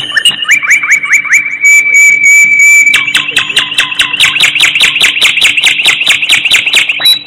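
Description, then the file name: Bird chirps, rapid repeated high notes sliding downward, with a steady whistled tone partway through and a constant low hum behind. "cute bird"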